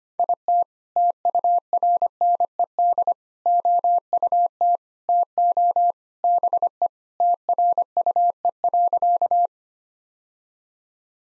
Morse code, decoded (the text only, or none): IT TURNED OUT TO BE TRUE.